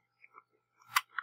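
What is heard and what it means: A loaded metal CO2/BB magazine is pushed into the grip of an Umarex Colt Defender .177 CO2 BB pistol. A few faint ticks and a short slide are followed by two sharp, loud clicks at 1.0 and 1.2 seconds as the magazine seats in the grip.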